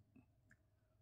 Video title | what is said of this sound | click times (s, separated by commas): SMC 962 - Combo Offer - Pick any 3 @ 699/- free shipping - Bracelets - Adjustable - Hyderabad Shop | కొంచెం ఇలా press చేసి దీనికి లాక్ అయిపోతుంది | 0.5 s